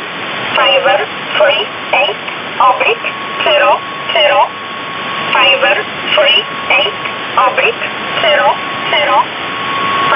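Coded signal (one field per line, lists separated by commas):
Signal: numbers station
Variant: E11 Oblique, English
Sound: a voice reading short evenly spaced words, about a dozen, over a faint steady tone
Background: radio static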